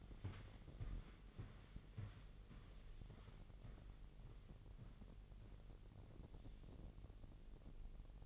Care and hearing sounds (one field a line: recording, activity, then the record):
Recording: daily activity, microphone in the room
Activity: walk to room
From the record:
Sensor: 4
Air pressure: 1013.0 hPa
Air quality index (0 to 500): 240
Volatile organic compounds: 4 ppm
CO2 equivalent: 1597 ppm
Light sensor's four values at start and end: 26/62/25/26 and 33/80/33/32